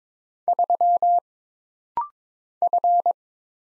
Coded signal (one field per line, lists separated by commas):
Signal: Morse code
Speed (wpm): 22 wpm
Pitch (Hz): 700 Hz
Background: none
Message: 3 F